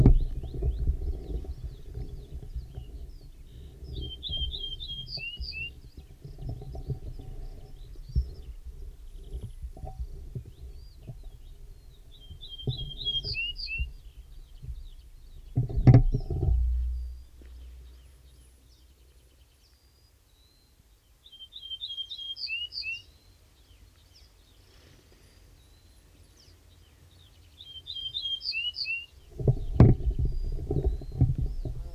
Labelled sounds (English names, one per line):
Ortolan Bunting song